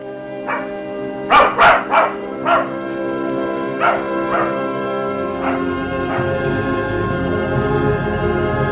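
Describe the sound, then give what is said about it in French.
A dog named Diogène barks repeatedly in sharp, irregular bursts, a quick cluster early on and then spaced-out yaps, over a steady low hum that grows busier toward the end. “Oh, le beau chien, tu en as une bonne figure de brave toutou.”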